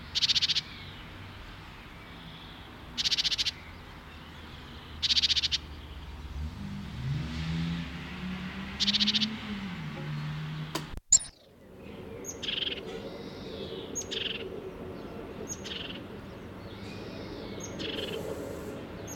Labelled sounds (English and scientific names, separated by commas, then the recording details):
Great Tit (Parus major) song
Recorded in the wild
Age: adult
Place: Kaiserslautern, Rheinland-Pfalz, DE
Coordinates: 49.4372, 7.80972
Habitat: garden
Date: 1975-05-03 15:30
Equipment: Nagra IV, Sennheiser MKH 405, Parabolreflektor
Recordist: Tretzel, Erwin